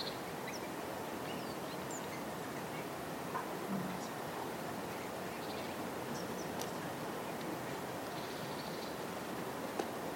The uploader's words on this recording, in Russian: Сколько разных звуков можно услышать в зимнем лесу? Белый шум зимы, птицы.